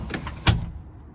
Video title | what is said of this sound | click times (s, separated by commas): How it Works 2017 Chrysler Pacifica VMI Northstar Wheelchair Van Conversion Pride Mobility Jazzy 600 | you hear it click you're locked in from there | 0.5 s